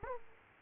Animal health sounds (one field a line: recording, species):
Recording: mosquito wingbeat signal from an infrared sensor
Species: Aedes aegypti